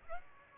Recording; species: mosquito wingbeat signal from an infrared sensor; Aedes aegypti